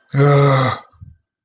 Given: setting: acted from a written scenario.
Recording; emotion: vocal sound without words; distress